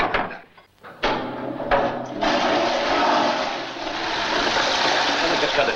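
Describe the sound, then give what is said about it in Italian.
A few sharp clicks and knocks, then a loud, steady hiss of rushing water, passed off as the sound of Niagara Falls, surges in and keeps pouring without a break for several seconds. “Ha sentito la cascata?”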